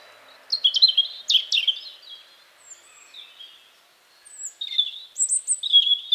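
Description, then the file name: European robin song: a fast jumble of sharp high notes and warbles, a soft pause with thin wisps, then clear piping whistles and trills. "Erithacus rubecula"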